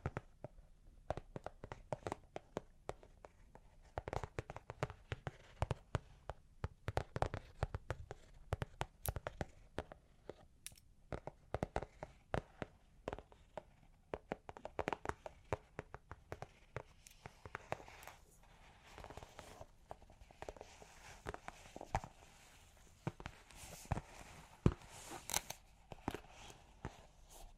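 Long claws tap and scratch in quick, irregular clusters of sharp clicks across the whole clip, with a soft hiss of scraping between them.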